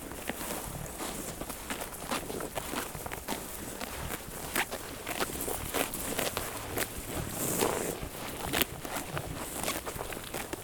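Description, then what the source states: Sheep chewing, a dense run of crunchy, irregular clicks over a steady outdoor hiss. Sheep chewing grass.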